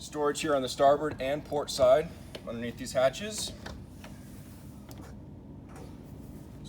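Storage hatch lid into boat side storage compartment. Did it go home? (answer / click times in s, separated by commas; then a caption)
yes / 4.9 s. Someone talks about storage on the starboard and port sides of a 2018 Nautique Super Air Nautique G21 boat, then a side storage hatch lid is lowered back down onto its storage compartment. A short click at 4.9 s, following a softer knock at about 4.0 s, marks the hatch latching shut into place.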